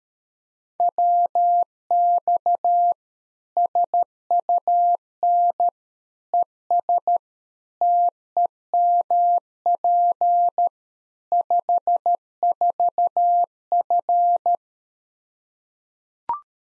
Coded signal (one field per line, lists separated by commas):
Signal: Morse code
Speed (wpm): 13 wpm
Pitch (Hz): 700 Hz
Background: none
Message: WX SUN ES TEMP 54F